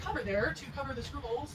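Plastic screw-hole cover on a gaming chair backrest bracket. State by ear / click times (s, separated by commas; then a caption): not seated / none. A small plastic cover cap is handled over the screw holes on the backrest side bracket of a MUZII pink gaming chair while someone talks. The cap is meant to pop into place, but nothing has seated or clicked yet.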